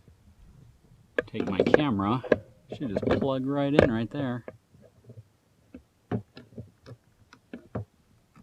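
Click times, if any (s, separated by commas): 7.8 s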